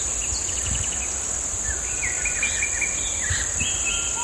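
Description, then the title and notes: Continuous shrill cicada buzz holds steady throughout, with birds giving quick whistled notes and sliding calls on top. Hill on the outskirts of San Cristóbal de Las Casas, Chiapas, May 2021; birds also heard. "Grabación en un cerro a las afueras de San Cristóbal, se escuchan las aves, las cigarras. San Cristóbal de Las Casas, Chiapas, mayo 2021"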